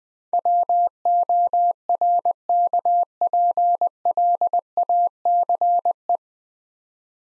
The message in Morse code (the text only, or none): WORKPLACE